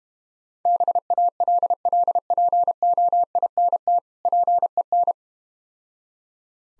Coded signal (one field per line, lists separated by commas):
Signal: Morse code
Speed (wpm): 31 wpm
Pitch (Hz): 700 Hz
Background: none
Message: BALLPOINT PEN